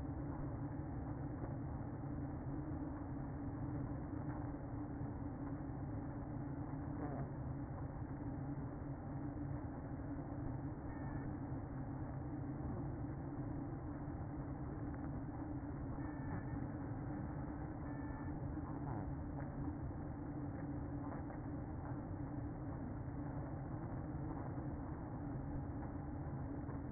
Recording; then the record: honeybee colony, microphone inside the hive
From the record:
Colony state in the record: queen present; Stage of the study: after two queens were removed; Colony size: about 60,000 bees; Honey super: yes